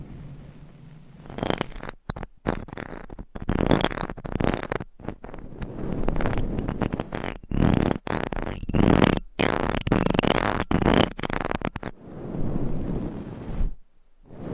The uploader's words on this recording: ASMR Mic Scratching - Brain Scratching & Brushing on 8 Mics Asmr No Talking.